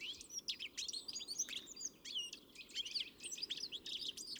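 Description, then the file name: European greenfinch calling in fast, dense twitters of short bright notes and quick trills throughout, with a soft low background hum. "Chloris chloris"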